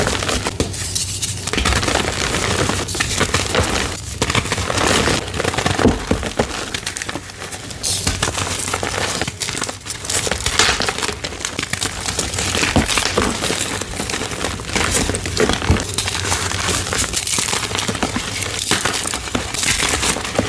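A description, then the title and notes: Gym chalk blocks crusted with gold glitter and foil are crushed, giving a dense, continuous stream of crisp crunching and crinkling. The crackle stays steady and bright throughout, with brief sharper snaps every couple of seconds and no pauses. ASMR crushing gym chalk blocks, dyed and fresh chalk covered in gold glitter, gold foil, and with super crispy crunchy sounds. Gold Foil + Glitter Crusted Dyed Chalk Crushes.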